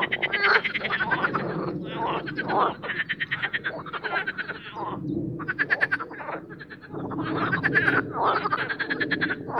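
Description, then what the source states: Marsh frogs in a loud chorus of pulsed laughing croaks, easing briefly midway, over a steady low rumble. Spring mating chorus in an artificial boating pond at Parc Chédeville, Oise; after a cold night, the chorus intensifies as an airplane passes.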